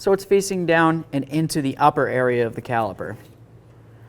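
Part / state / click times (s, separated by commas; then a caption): inner disc brake pad into the brake caliper / not seated / none. Someone talks while an inner disc brake pad, a steel backing plate with friction material, is positioned with its rounded edge facing down into the upper area of the brake caliper on a 2007-2017 Ford Expedition, its spring tabs still to be squeezed in. Speech fills most of the clip and fades to a quiet background after about 3.2 seconds. Nothing has seated or clicked yet.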